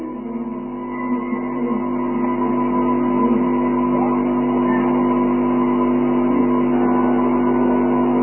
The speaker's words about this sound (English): He's up a lot, take the commercial vehicle and drive it into a residential car park. Knocking as many walls over as we go.